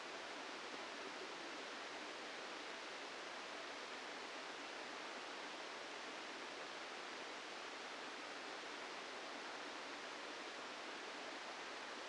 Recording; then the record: brain microelectrode recording played as sound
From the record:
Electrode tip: inside the subthalamic nucleus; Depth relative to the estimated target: 1 mm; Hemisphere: left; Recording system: NeuroSet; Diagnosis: Parkinson's disease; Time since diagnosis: 8 years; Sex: male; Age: 65 years